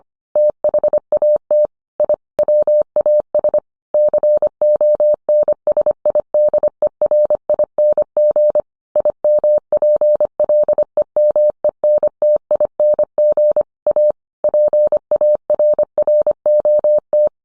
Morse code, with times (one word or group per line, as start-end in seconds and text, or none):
0.4-1.7 THAT
2.0-2.1 I
2.4-3.6 WAS
3.9-8.6 CONSIDERING
9.0-13.6 IMPLEMENTING
13.9-14.1 A
14.4-17.3 PARROT